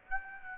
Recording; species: mosquito wingbeat signal from an infrared sensor; Aedes aegypti